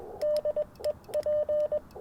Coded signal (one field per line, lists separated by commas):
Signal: Morse code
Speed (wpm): 20 wpm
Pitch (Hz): 590 Hz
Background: radio noise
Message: DE P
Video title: Morning Morse Code at Tuskegee National Forest K-4451 - 12/12/23